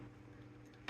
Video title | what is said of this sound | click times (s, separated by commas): SM-33 - Star Wars The Black Series Deluxe Figure Review | And then those also lock into place. | 0.9 s